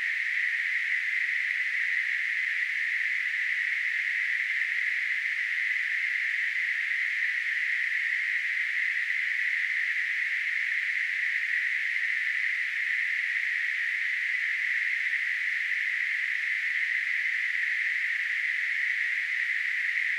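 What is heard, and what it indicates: Simulated tinnitus: a steady, continuous narrowband hiss centered near 2 kHz, unchanging in level for the whole 20 seconds, with no sound below about 1 kHz.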